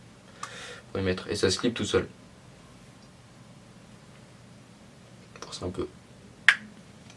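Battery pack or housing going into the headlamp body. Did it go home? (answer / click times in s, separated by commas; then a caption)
yes / 6.5 s. A plastic part of a Decathlon Forclaz Trek 900 rechargeable headlamp, most likely the battery pack or its housing, is lined up with the notches and pushed into the headlamp body while someone talks. After a harder push, a sharp click at 6.5 seconds marks it snapping into place, and the part is seated.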